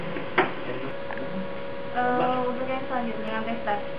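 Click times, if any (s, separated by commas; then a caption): 0.4 s. An RJ45 plug on a network cable is pressed in a crimping tool, and a sharp click at 0.4 s shows the connector has seated. Someone talks afterward over a steady background hum.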